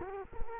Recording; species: mosquito wingbeat signal from an infrared sensor; Culex quinquefasciatus